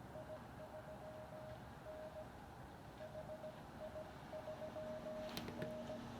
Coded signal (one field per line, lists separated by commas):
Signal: Morse code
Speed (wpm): 18 wpm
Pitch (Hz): 620 Hz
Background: none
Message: I3 N H I 3 N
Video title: Ham Radio in 360 Virtual Reality | Elecraft KX2 | Garmin Virb 360